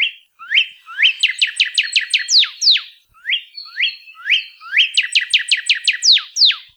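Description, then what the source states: Northern cardinal song: clear upslurred whistles leading into a fast series of steep downslurred notes, the phrase given twice with a short pause between. Males sing many song types year-round to advertise territorial boundaries and impress females; common songs heard in Hawaii, where it is called Manu Ula Ula, or redbird.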